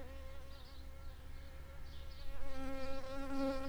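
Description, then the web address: Shrill carder bee buzzing, a steady droning hum with many overtones that grows louder partway through, over a low background rumble. Worker bees. "Sylvarum workers"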